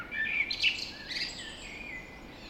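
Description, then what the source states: Birds singing softly, a few brief whistles and high twittering notes, then quieter. Dawn chorus recorded just after dawn in the Forest of Dean.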